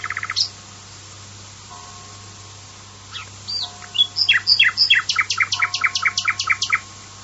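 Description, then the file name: Common nightingale song opening with a brief note, then after a pause building into a rich phrase of chirps and a long run of quick, loud repeated notes. "usignolo"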